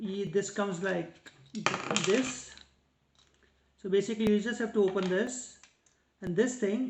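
Someone talks while opening the plastic mobile phone holder piece of a $20 Kmart tabletop selfie ring light and handling it toward its mount on the stand, with a few faint handling ticks in a pause around 2.6 to 3.4 seconds. The holder has not seated or clicked into the mount yet.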